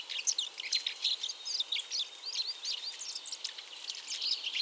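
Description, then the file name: European robin giving thin, high, twittering notes and short sweeping whistles in quick succession. "Erithacus rubecula"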